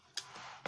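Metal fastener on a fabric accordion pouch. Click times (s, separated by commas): 0.2 s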